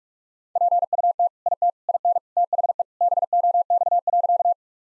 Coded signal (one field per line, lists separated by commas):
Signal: Morse code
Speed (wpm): 42 wpm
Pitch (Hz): 700 Hz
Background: none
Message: PUT IT IN THE BOX.